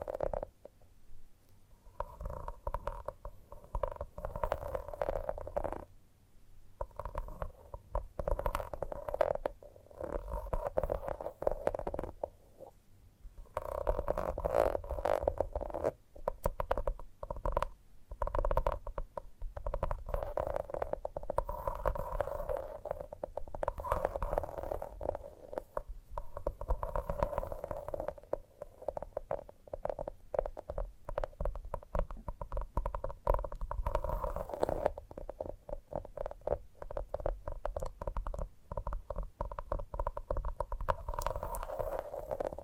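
Gentle tapping comes in dense, rapid bursts of soft, short taps with a hollow, mid-pitched ring that repeats steadily. Brief pauses break the pattern near 6 and 12 seconds, and a low rumbling undertone runs underneath throughout.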